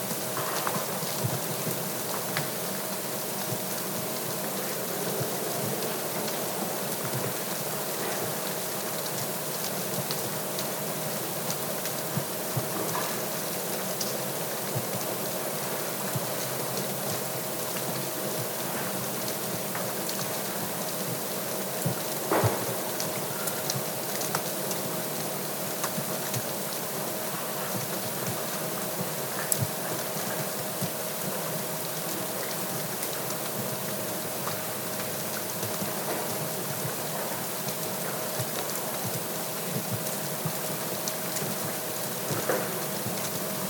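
Snow falls gently on a cabin deck, a steady, dense patter of soft ticks that holds an even level for the whole time. Small, slightly sharper taps stand out now and then, notably around 22 seconds, and a faint thin tone hums underneath throughout.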